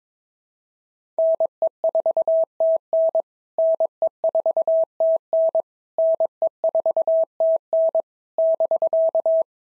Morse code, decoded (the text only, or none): NE4TN NE4TN NE4TN <BK>